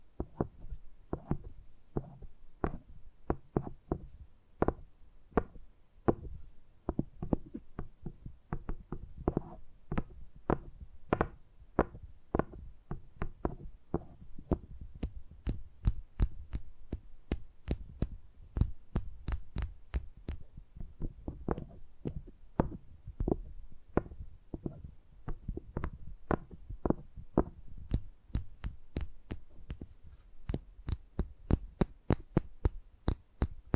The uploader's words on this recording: ASMR Brain Tingly Tapping Sounds for Sleep (No Talking).